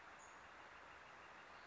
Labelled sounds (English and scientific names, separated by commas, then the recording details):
Northern Flicker (Colaptes auratus)
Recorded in Sonoma County, California